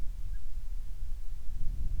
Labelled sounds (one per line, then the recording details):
bird
wind
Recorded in the Prudhoe Bay oil fields, Alaska, on 25 July 2019 at 02:01
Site 11